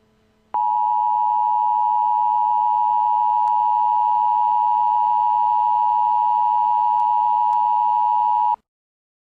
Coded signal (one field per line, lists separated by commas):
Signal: Emergency Alert System (SAME) tones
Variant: 853 and 960 Hz attention tone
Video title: Emergency Alert System: Unidentified Disease